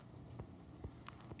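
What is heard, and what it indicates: An adult man's heartbeat, picked up by a microphone resting right on his chest while he gives a talk to a group. The heart is heard beating throughout, reflecting how excited and inspired he is.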